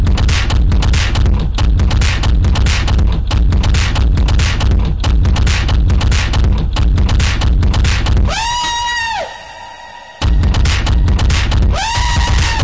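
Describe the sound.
Elephant trumpeting: two brassy, level blasts near the end, each under a second, over loud continuous rushing, crackling noise.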